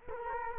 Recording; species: mosquito wingbeat signal from an infrared sensor; Culex quinquefasciatus